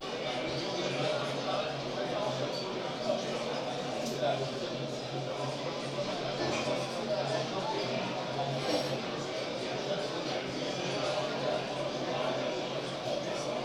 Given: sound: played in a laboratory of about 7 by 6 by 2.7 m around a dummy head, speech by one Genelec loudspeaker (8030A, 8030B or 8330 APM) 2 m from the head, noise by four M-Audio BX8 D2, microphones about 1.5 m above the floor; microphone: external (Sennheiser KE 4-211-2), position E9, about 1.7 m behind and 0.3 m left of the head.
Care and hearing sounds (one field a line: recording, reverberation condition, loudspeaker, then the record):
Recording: cafeteria noise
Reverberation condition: medium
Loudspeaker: four, about 170 cm from the corners of the room and facing them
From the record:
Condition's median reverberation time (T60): about 510 ms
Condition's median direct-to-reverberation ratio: about -0.5 dB